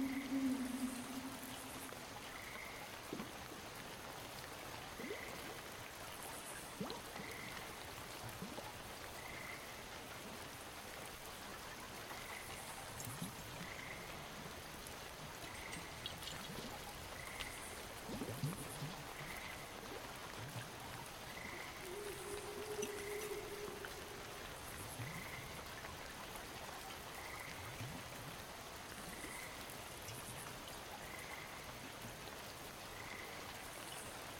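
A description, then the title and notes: Night sounds from woods and water: frogs call in a steady rhythm, a bright chirp repeating about every second and a half, with a high, faint trill pulsing above it. Low croaks surface near the start and around 23 seconds over a constant, dense hiss. Night Sounds from the woods and water and other weird animals.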